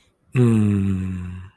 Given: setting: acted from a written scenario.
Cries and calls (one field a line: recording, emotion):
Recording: vocal sound without words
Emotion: contentment